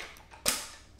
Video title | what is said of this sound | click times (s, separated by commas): 2020 Browning Patriot Trail Camera Review - Part 1 | snaps right in like that | 0.5 s